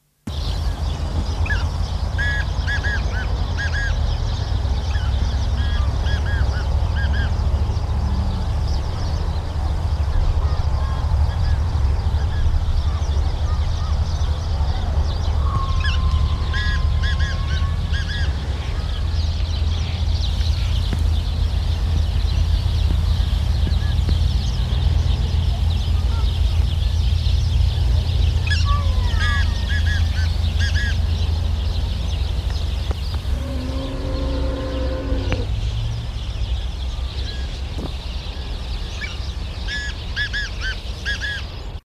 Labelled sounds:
Black Francolin call
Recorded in captivity
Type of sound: call
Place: IL
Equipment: Halbspur, 9,5 cm/s
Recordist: Lütgens, Hans
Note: Mittelisrael: Rufe

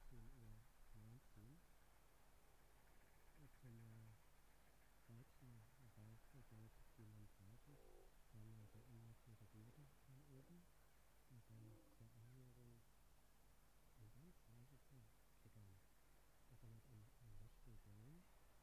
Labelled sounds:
Arctic Fox
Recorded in the wild
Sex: pair
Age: adult
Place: Insel Mednyi, Kommandeur-Inseln, RU
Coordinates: 54.5167, 168.083
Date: 1999-06-28 15:19
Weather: bedeckt, kein Nebel, 8°C, fast windstill
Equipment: Sony WM-D6C, Sennheiser MKH 70, Windkorb, Kopie Tascam DA 30
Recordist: Frommolt, Karl-Heinz
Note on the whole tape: Südosten der Insel, Schluchten bei Tschaschnyi: Begegnung (Begrüßung) Polarfuchsfähe Weiß/Gelb 33 und Rüde (noch unmarkiert). Sie beginnt mit keckernden Lauten, er fällt ein. Entfernung 15 m

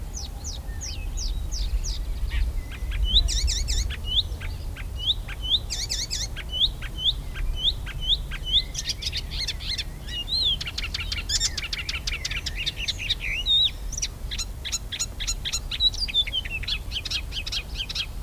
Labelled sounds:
Icterine Warbler song
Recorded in the wild
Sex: male
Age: adult
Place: Erlangen, Bayern, DE
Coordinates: 49.6094, 11.0097
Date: 1960-06-05
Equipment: Maihak, Original, Vollspur
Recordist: Tretzel, Erwin

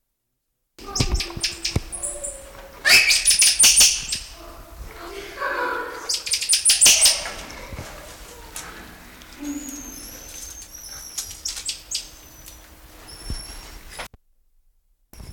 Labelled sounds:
Black-capped Squirrel Monkey call
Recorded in captivity
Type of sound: call sequence
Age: adult
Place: Tiergarten Schönbrunn, Wien, AT
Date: 1999-11-09 16:00
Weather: bedeckt, ca. 6°C
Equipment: Sony WM-D6C, Sennheiser ME 80, Kopie Uher 4000 Report Monitor
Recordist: Tembrock, Günter
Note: Lautfolgen, Tier dabei nicht direkt beobachtet. Im Affenhaus

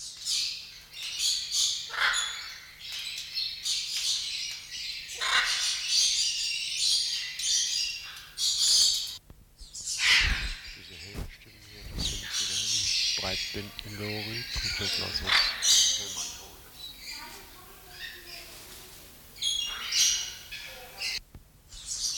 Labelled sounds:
Coconut Lorikeet
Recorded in captivity
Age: adult
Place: Zoo Berlin, Berlin, DE
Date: 1994-01-15
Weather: wechselnd wolkig, +5 °C
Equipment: Marantz CP 430, Sennheiser MKH 416 T, Kopie Uher Variocord 263
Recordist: Tembrock, Günter

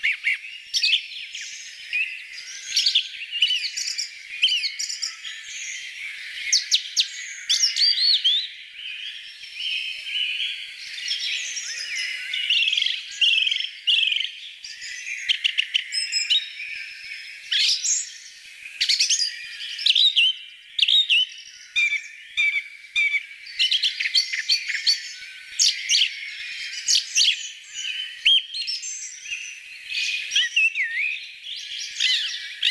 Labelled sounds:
Song Thrush song
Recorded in the wild
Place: Flögelner See, Schleswig-Holstein, DE
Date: 1987-05-28
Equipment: Alparon-Reflektor
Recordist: Schwarz, Dieter
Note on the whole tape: Song

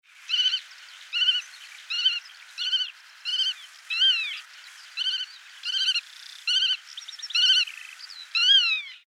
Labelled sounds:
Black-tailed Godwit
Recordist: Tembrock, Günter
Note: Warnrufe

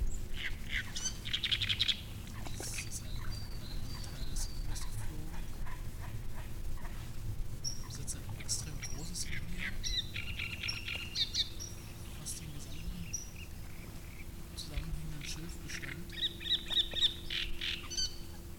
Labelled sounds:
Great Reed Warbler
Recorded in the wild
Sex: male
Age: adult
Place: Müggelsee, Berlin, DE
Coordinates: 52.43, 13.64
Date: 1990-05-03
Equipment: Uher 4400 Report Monitor, Sennheiser ME 80, K 30 AV
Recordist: Fischer, Stefan

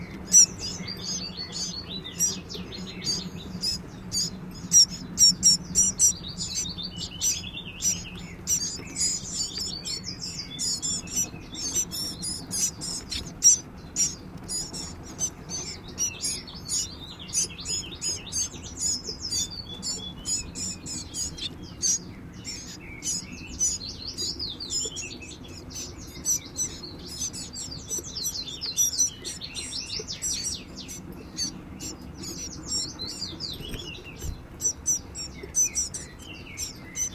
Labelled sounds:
Common Chiffchaff
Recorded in captivity
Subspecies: collybita
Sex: diverse
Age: diverse
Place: Volierenanlage, Zoologisches Institut Universität Tübingen, Baden-Württemberg, DE
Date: 1967-05-28
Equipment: Nagra III PH, MD 421, LGS26
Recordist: Schneider, Hans-Joachim

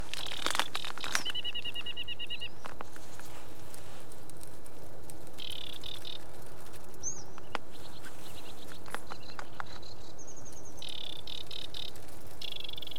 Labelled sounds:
Aquatic Warbler song
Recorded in the wild
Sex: male
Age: adult
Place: Schwedt, Unteres Odertal, Brandenburg, DE
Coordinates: 53.05, 14.3
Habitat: wet meadow
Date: 2024-06-16 20:52
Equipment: Wildlife Acoustics SM4
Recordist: Frommolt, Karl-Heinz

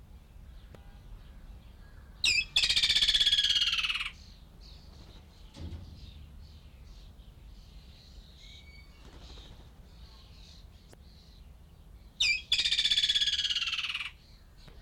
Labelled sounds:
Woodland Kingfisher call
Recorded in captivity
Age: adult
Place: Zoo Berlin, Berlin, DE
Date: 1994-05-21 11:46
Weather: heiter, 12-16°C
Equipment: Marantz CP 430, Sennheiser ME 80, Kopie Uher Variocord 263
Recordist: Tembrock, Günter

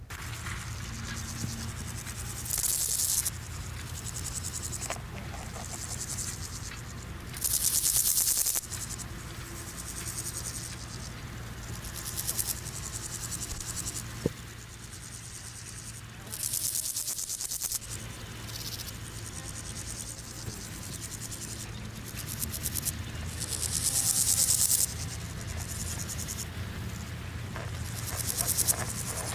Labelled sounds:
Meadow Grasshopper stridulation
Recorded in the wild
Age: imago
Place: Rappelsdorf (b. Schleusingen), Thüringen, DE
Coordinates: 50.5, 10.7167
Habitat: wet meadow
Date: 1987-08-22 13:40
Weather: sunny, 24,7°C in the shade, 28,7°C in the sun
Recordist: Tembrock, Günter

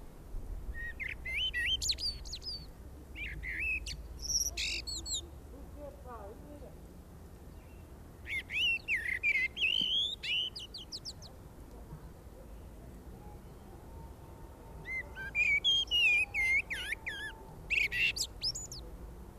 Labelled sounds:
Common Blackbird song
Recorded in the wild
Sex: male
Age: adult
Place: Garmisch-Partenkirchen, Bayern, DE
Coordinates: 47.4883, 11.0697
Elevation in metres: 711
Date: 1967-04-02
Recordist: Tretzel, Erwin

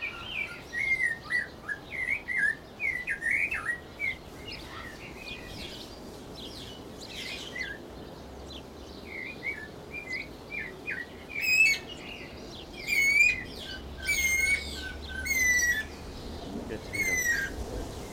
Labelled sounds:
Snowy-crowned Robin-Chat
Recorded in captivity
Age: adult
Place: Zoo Berlin, Berlin, DE
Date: 1992-05-09 11:40
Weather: wolkig, 11-14°C
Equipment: Nagra SN, Mikrofon AKG CK 8, Kopie Tesla B 116
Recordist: Tembrock, Günter

